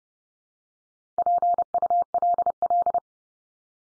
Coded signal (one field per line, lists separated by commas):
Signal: Morse code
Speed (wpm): 30 wpm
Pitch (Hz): 700 Hz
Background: none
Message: PULL